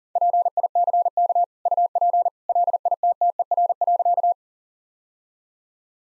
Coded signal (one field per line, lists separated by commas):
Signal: Morse code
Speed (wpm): 40 wpm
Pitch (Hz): 700 Hz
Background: none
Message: PICK UP LITTER.